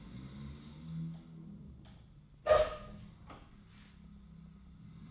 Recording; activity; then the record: daily activity, microphone in the room; open door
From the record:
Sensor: 3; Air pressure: 1004.9 hPa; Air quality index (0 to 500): 76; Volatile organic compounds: 2 ppm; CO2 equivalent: 1131 ppm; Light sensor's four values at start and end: 8/20/8/8 and 8/20/8/8